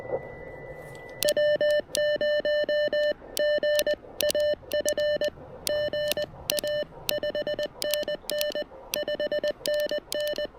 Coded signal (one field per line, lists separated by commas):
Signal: Morse code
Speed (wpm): 21 wpm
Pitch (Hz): 600 Hz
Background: none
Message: W0GAF GA 5NN 5NN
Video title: Three Watts and a Wire: Seizing a Last-Minute POTA Opportunity with the Elecraft KX1!